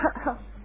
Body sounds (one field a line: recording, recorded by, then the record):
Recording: voluntary cough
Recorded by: telephone call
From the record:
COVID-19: positive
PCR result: checked with the laboratory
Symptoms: no